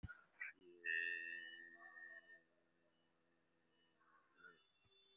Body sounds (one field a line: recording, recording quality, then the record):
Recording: sustained vowel as in made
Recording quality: moderate, slight background noise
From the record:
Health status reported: recovered from COVID-19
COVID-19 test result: positive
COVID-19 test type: RT-PCR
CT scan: taken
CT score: 0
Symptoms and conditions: cough, cold, breathing difficulty, fatigue, muscle pain, asthma, chronic lung disease, pneumonia, another respiratory illness, hypertension, another condition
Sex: male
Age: 54 years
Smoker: yes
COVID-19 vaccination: both doses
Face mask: worn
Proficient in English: no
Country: India